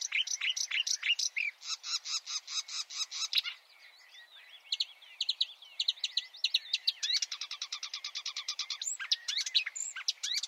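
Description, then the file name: Marsh warbler with rhythmic bursts of buzzy repeated notes, a brief softer warbling passage, then fast chattering trills again. "suara-kicauan-burung-marsh-warbler -omkicau"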